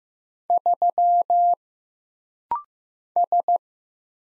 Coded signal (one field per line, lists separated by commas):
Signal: Morse code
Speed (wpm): 15 wpm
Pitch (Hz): 700 Hz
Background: none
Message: 3 S